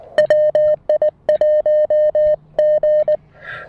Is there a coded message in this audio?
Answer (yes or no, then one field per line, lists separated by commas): yes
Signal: Morse code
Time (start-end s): 0.2-3.2 s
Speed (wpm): 19 wpm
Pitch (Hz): 590 Hz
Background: music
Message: WI1G